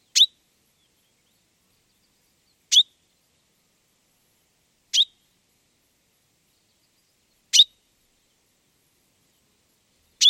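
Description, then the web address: Common chaffinch calling: five crisp, sharp single notes, spaced apart against a quiet background. "Deverinetal 2025 File origin Bird Only Fr Co"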